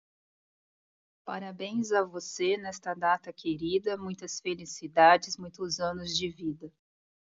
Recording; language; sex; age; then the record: short text; Brazilian Portuguese; female; 40 to 49 years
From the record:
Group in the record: control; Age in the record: 44 years